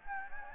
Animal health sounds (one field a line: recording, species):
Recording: mosquito wingbeat signal from an infrared sensor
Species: Anopheles gambiae